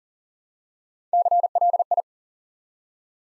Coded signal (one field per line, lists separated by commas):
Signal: Morse code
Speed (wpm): 39 wpm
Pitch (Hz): 700 Hz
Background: none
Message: CLI